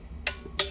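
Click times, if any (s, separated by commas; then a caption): 0.3 s, 0.6 s. A click-type torque wrench set to 80 inch-pounds tightens a bolt on the clutch mount of a Losi 5T RC car. Two sharp, bright clicks ring out at 0.3 s and 0.6 s over a quiet low hum. The wrench clicks at its setting, confirming the bolt is torqued.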